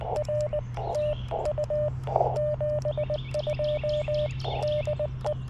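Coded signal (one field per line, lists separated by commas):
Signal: Morse code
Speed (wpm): 20 wpm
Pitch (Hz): 600 Hz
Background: none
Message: R TU 72 DE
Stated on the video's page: QRP CW Parks on the Air activation with a Yaesu FT-817ND and Chelegance MC-750 vertical on 40 and 20 meters.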